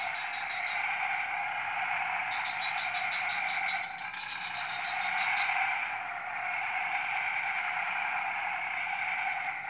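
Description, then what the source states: Frogs calling together in a thick continuous chorus, with quick pulsed clicks standing out at the start and again for a few seconds midway. Frog chorus recorded at 03:00 on Tuesday 14 February 2017, Jalan Kolonel Sugiono No. 9, Kuala Kapuas, Central Kalimantan, Indonesia.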